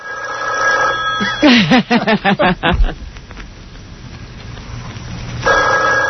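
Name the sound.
telephone ringing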